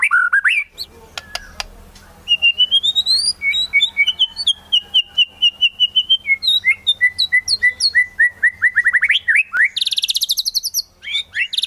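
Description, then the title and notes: White-rumped shama singing a long rich phrase of steady whistles that step lower and quicken into rapid slurred notes, then a high buzzy trill and a few more notes; faint low hum behind. Lure recording used for trapping. "Pikat Murai Batu. Burung Murai Batu"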